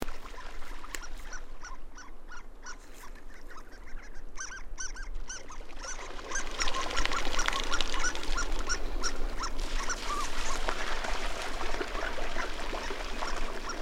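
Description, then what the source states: Harlequin duck calls: a long series of short, high, squeaky notes, some in quick runs, over steady rushing water that grows louder halfway through. Recorded in Greenland.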